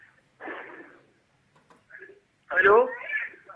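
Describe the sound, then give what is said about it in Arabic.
Television sound from a caller's set carried over an international telephone call into a broadcast program: thin, band-limited voices in a few short bursts separated by pauses, with a louder, fuller burst near the end. “اسمعني من التليفون واخفض صوت التلفزيون لو سمحت.”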